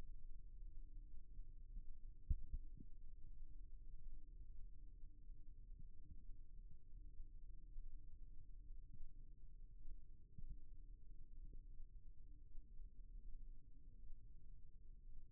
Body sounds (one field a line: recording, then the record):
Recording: forearm muscle sounds (acoustic myography)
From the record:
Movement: rest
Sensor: system 1, eight BSWA MPA416 microphones around the upper forearm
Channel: 8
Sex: male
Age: 23 years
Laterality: right